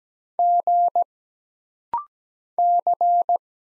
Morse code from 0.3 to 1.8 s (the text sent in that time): G